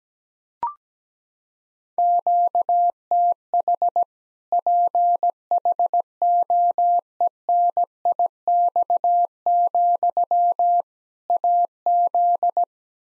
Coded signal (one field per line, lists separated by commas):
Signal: Morse code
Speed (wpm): 17 wpm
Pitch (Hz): 700 Hz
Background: none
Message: QTH PHOENIX, AZ